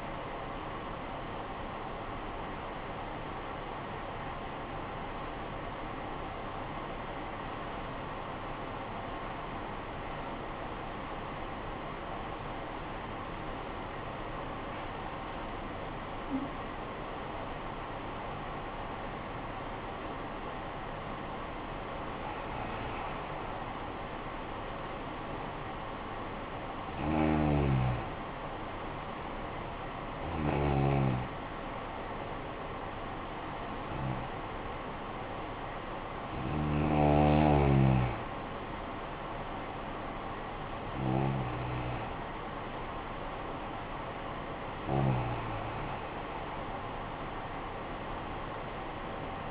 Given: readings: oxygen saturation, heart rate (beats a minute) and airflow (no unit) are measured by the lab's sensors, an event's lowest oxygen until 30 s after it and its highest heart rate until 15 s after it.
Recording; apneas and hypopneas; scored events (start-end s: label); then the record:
breathing in sleep by a voice recorder at the bedside; 1
8.00-20.80 s: hypopnea (N1, oxygen 96% highest, then 93% lowest, heart rate 56 at the start, 56 highest)
From the record:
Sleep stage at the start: N1 (lightest sleep); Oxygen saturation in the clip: 93 to 96%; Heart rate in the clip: 50 to 62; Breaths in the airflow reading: 11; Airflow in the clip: -11.0 to 9.6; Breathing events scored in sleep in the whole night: 445 in 7.6 hours asleep